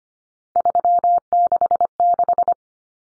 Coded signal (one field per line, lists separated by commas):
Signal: Morse code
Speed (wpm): 25 wpm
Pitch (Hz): 700 Hz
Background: none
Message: 366